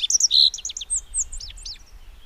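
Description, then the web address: Rock bunting singing a short series of high, thin, slurred chirps, the first notes loudest, later ones fading and drooping in pitch. "agykontroll Madardalok Cd 2. Bajszos sármány"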